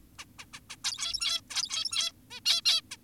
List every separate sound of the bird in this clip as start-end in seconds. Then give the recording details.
0.19-0.25, 0.39-0.46, 0.54-0.60, 0.70-0.76, 0.84-1.41, 1.50-2.12, 2.31-2.40, 2.46-2.62, 2.65-2.82, 2.91-2.97. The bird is an adult. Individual g17y2U